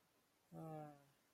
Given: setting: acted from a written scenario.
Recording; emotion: vocal sound without words; disappointment